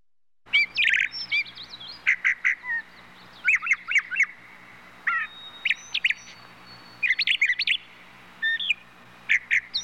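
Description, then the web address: Bird song in short bursts of chirpy, warbling notes separated by brief pauses, with a faint steady high tone through part of the middle. "птицы"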